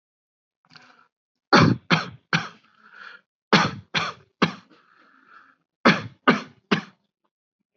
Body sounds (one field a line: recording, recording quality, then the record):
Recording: shallow voluntary cough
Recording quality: excellent, no background noise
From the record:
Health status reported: healthy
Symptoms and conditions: none ticked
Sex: male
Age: 32 years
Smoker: not ticked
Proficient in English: yes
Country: India